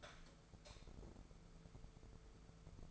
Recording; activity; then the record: daily activity, microphone in the room; light off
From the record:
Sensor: 5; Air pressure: 1014.6 hPa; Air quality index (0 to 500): 155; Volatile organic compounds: 5 ppm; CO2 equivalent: 1705 ppm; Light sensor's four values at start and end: 139/335/140/152 and 131/313/131/142